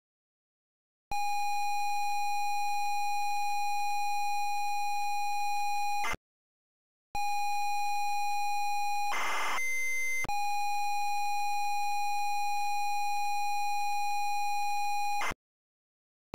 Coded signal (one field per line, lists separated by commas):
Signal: ZX Spectrum tape loading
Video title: ZX SPECTRUM Loading Buffalo Bill's Wild West Show 1989 Micro Value